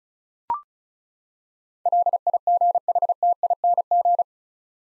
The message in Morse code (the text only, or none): LIGHTING